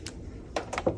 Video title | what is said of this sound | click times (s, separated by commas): Saving My GM Transmission From Itself in The Truck House | There we go. So that just snapped into place. | 0.6 s